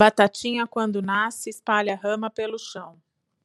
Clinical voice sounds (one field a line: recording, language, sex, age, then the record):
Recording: short text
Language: Brazilian Portuguese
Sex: female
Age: 30 to 39 years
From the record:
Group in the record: control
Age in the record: 39 years